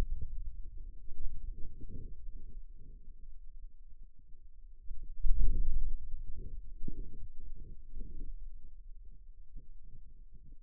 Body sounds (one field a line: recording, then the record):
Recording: forearm muscle sounds (acoustic myography)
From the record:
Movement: hand closing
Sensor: system 2, bracelet of six BSWA MPA416 microphones around the upper forearm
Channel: 5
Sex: male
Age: 22 years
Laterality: right